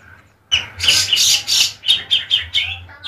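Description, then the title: Oriental magpie-robin song opening with loud, harsh, scratchy notes, then a rhythmic string of clearer whistled notes. "Kicau Kacer"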